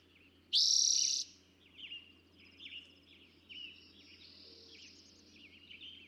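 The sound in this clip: Eastern towhee delivering one loud, ringing trill near the start, followed by a run of soft, repeated chirps.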